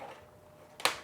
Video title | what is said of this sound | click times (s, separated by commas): Replacing the HD in a PS4 Pro | you should be able to hear a little click. There you go. | 0.8 s